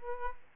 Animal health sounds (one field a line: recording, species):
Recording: mosquito wingbeat signal from an infrared sensor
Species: Aedes aegypti